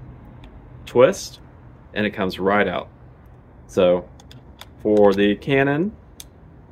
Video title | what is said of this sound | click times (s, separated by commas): Connect your DSLR to Your Celestron 8SE! Unlock Astrophotography! | you simply slide it in turn it clockwise it locks into place and | 6.2 s